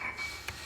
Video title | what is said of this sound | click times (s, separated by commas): How to fix PC will not turn on “ Paano ayusing ang pc na di mag On” | So ayan, nag-lock na siya. | 0.5 s